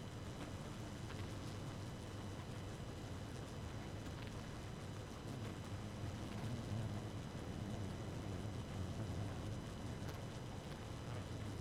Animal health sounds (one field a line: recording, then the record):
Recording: honeybee colony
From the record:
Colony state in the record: active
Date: 12 June 2018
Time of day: 1:47